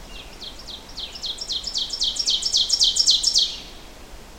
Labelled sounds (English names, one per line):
Ovenbird song